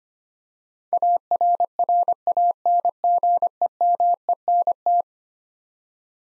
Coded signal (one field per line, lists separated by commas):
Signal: Morse code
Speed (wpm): 25 wpm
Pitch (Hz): 700 Hz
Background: none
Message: ARRANGEMENT